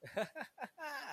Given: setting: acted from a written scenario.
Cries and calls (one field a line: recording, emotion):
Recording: vocal sound without words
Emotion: ecstasy